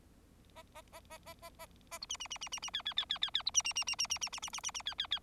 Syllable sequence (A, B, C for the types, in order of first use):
A A A A A A A A B C C C C C C D D D D D D B C C C C C C C C C C C C D D D